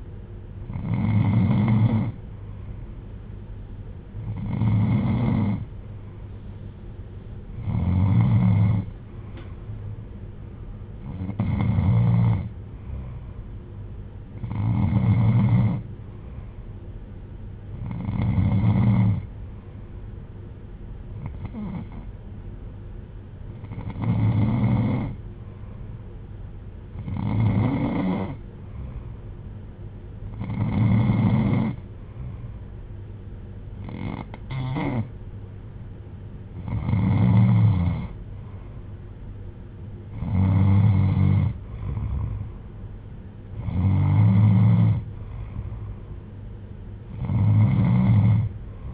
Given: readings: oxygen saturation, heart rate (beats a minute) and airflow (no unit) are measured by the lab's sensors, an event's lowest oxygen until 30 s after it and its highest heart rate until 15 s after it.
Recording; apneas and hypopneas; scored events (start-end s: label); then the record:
breathing in sleep by a smartphone at the bedside; none
none scored
From the record:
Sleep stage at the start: N2 (light sleep); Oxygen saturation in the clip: 92 to 93%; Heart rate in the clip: 59 to 65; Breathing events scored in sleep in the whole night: 310 in 8.1 hours asleep